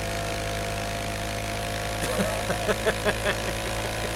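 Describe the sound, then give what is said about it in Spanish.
An old motorcycle engine idles with a steady low drone, then sputters into a series of uneven, rhythmic popping pulses during the second half. “Es una moto como del tiempo de Cristóbal Colón.”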